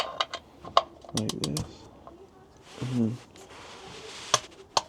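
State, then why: Torque reached. A torque wrench set to 25 ft-lb tightens the new oil drain plug in the engine sump of a Mk5 Golf. Someone talks, a few light ticks and clanks sound, and the wrench breaks over with two sharp clicks at 4.3 s and 4.8 s, confirming the plug has reached its torque setting.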